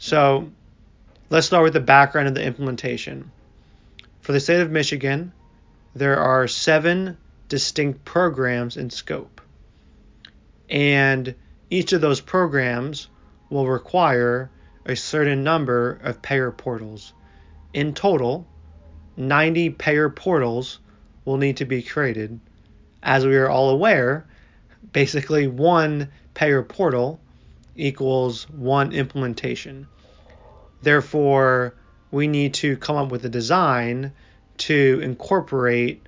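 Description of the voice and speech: An adult man who stutters gives a free-style, improvised rehearsal of a work presentation in mostly fluent speech. He has occasional stretched sounds, such as a long held 'n' before 'each', hard glottal starts, and pauses of up to about a second. This is a mild stuttering pattern.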